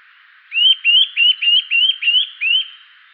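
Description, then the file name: Eurasian nuthatch calls, a series of seven clear rising whistled notes, about three per second. "Sitta europaea"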